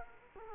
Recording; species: mosquito wingbeat signal from an infrared sensor; Culex quinquefasciatus